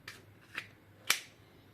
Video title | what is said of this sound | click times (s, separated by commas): 2026 ASKARI WALKTHROUGH | So when you're putting it in, try to put it in until it clicks. | 1.1 s